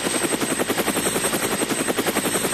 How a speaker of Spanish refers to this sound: Sí, un helicóptero voló cerca, pero él no lo notó, porque iba muy ocupado con sus pensamientos.